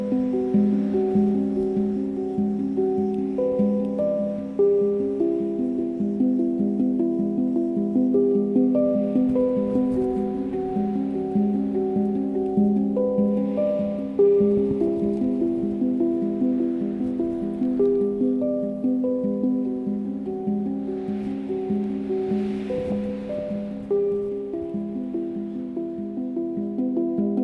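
A handpan plays a steady, flowing melody of ringing overlapping tones throughout, with soft hissing wind or waves swelling briefly around fifteen and twenty-two seconds.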